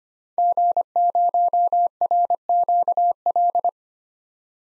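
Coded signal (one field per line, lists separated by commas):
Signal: Morse code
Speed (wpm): 25 wpm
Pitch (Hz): 700 Hz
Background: none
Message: G0RQL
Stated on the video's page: Head-copy drill of common SOTA chaser call signs at 25 WPM, each sent, spoken, then sent again.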